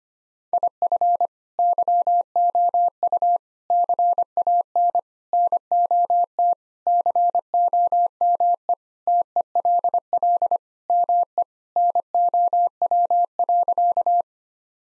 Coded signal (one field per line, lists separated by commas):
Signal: Morse code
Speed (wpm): 25 wpm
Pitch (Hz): 700 Hz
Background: none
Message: IF YOU CAN NOT COME TELL ME NOW.